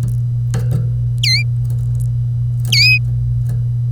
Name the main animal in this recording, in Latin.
Serinus canaria